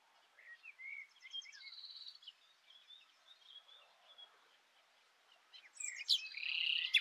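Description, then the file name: Common nightingale song, softer, with thin whistles and a buzzy sustained note, then a louder, harsh, buzzy phrase at the end. "Luscinia megarhynchos"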